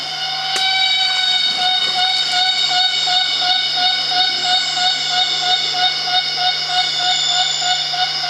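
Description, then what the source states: Emperor cicada call: a loud, steady, high whistling drone with many stacked tones, holding at an even pitch with a faint pulsing throughout. Recorded in Borneo rainforest, part of the evening chorus; locally called the '5 o'clock bird' because the sound starts around 5 o'clock every day.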